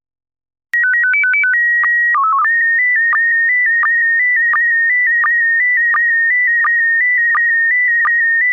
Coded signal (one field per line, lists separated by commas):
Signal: SSTV (slow-scan television)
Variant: PD 90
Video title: Slow Scan Radio, August 1, 2018, Ep. 2